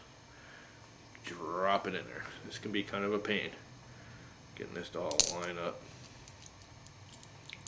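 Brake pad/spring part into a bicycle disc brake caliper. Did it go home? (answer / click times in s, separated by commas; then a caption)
no / none. Someone talks while a brake pad and spring part is dropped into a newer BB7 bicycle disc brake caliper and fiddled with to get it all lined up before pushing it in. Only small faint ticks are heard, mostly near the end from about 6.3 s to 7.7 s. Nothing has seated or clicked yet.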